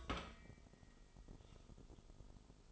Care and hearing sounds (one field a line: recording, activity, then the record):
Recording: daily activity, microphone in the room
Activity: take from stove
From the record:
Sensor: 5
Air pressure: 988.4 hPa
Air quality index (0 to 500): 203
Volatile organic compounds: 80 ppm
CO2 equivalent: 3606 ppm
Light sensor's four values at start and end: 48/141/55/61 and 47/140/55/60